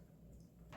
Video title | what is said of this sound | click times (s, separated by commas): How to Assemble Worx String Trimmer | there we go, it clicks into place. | 0.7 s